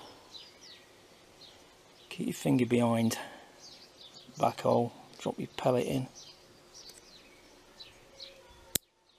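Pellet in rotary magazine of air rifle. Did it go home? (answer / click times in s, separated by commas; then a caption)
yes / 8.8 s. Someone talks while a pellet is dropped into the rotary magazine of a Daystate Red Wolf Safari air rifle, with birds chirping in the background. The magazine is rotated, and a single sharp click at 8.8 s marks it clicking into place, seated.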